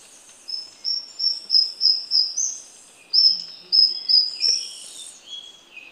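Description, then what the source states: Esmeraldas antbird song: two series of high, whistled notes, the first run of about seven rising slightly, then a second run, with faint overlapping higher notes. Recorded in Ecuador.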